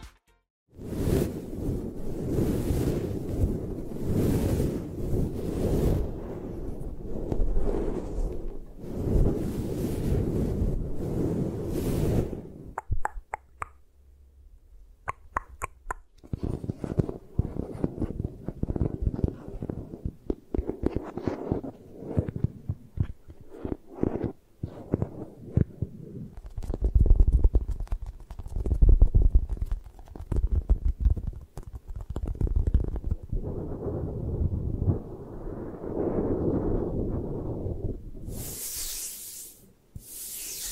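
Eye massage sounds with tapping and scratching: dense, rubbing scratches fill the first twelve seconds, then a near-silent pause. Irregular soft taps and brushing return around sixteen seconds and continue unevenly, ending with two short bright hissing bursts near the end.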